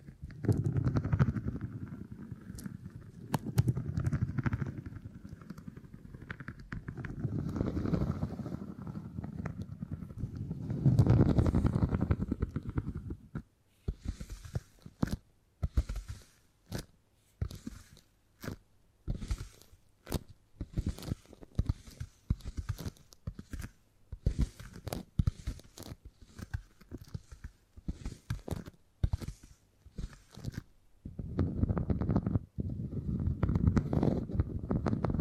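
Beeswax is handled in tingly sounds: soft, low squishing and pressing fills the first twelve seconds and returns near the end. In between come sharp, quick crackles and snaps at irregular intervals, with short silences between them.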